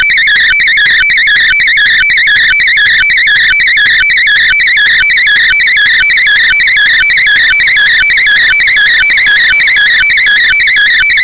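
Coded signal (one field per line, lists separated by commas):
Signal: weather fax (radiofax)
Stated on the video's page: JMH4 radiofax on 13986.6 kHz, 5 kW from about 970 km, received on JRC NRD-545 with Wellbrook ALA-1530S+ antenna.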